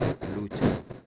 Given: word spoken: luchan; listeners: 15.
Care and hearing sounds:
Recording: one Spanish word in noise, from a listening test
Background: noise modulated by one talker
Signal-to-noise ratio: -8.9 dB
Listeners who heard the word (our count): 0 of 15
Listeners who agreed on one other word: 11 of 15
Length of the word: 0.66 s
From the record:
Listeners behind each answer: 11, 3, 1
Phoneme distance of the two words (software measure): 7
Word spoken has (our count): 2 syllables, 5 phonemes, stress on syllable 1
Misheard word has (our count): 2 syllables, 4 phonemes, stress on syllable 1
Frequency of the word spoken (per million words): 5.15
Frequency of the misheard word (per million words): 133.94

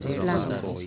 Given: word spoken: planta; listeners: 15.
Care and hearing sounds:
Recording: one Spanish word in noise, from a listening test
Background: eight-talker babble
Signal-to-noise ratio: -1.3 dB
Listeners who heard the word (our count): 1 of 15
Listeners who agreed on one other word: 8 of 15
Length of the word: 0.47 s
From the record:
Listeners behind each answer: 8, 2, 2, 1, 1, 1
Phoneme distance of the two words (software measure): 7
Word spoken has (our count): 2 syllables, 6 phonemes, stress on syllable 1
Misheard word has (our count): 2 syllables, 7 phonemes, stress on syllable 1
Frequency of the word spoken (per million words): 69.40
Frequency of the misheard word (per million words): 72.03

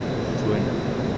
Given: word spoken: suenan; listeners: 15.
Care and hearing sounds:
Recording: one Spanish word in noise, from a listening test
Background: speech-shaped noise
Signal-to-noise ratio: -5.5 dB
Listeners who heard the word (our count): 0 of 15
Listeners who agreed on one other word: 6 of 15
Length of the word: 0.78 s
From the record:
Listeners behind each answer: 6, 5, 1, 1, 1, 1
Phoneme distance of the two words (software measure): 27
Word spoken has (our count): 2 syllables, 6 phonemes, stress on syllable 1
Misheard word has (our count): 2 syllables, 5 phonemes, stress on syllable 1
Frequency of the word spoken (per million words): 5.18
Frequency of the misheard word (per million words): 104.51

